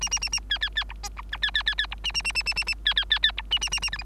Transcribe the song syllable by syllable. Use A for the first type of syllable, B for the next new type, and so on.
A A A A B B B C D E E B B B B C A A A A A A A B B B B C A A A A F G